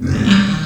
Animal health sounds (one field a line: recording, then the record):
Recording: squeal of a Yucatan mini pig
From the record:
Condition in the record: after surgery on the right vocal fold (resection and tissue-engineered implant)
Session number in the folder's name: 13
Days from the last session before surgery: 113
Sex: female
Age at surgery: 19 weeks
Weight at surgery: 25 kg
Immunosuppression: prednisolone